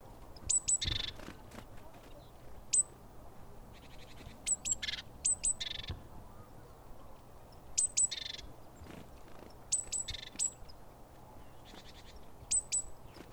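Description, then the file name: Great tit giving sharp, very high notes each joined to a harsh, buzzy rasp, the pairs repeated every few seconds against background noise. "Parus major"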